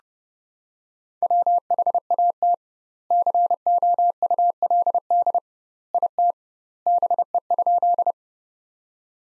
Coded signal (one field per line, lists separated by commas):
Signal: Morse code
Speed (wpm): 32 wpm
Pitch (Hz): 700 Hz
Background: none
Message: WHAT COULD IT BE?